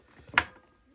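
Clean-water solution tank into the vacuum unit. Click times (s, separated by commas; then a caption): 0.4 s. The clean-water solution tank of a HAUSHOF 4 Gallon Wet/Dry/Upholstery Vacuum Cleaner, filled halfway with warm water, is pushed back into the plastic vacuum body. Faint handling thumps lead up to one sharp click at 0.4 s that fades quickly. The tank is seated in place.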